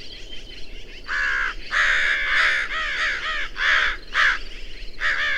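Bird calls: harsh, hoarse caws from several birds overlapping, arriving in bursts with short downward-bending notes and a steady background hiss.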